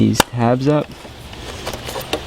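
Someone talks while lining up the tabs of a parking light bulb socket, holding a stealth bulb in a new harness, with the plastic clear parking light lens housing of a BMW E46, followed by light handling noises and a brief tap near the end. The socket has not yet been twisted in, and nothing has seated or clicked yet.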